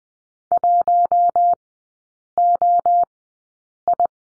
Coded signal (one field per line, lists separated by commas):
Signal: Morse code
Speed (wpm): 20 wpm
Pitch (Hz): 700 Hz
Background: none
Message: 1OI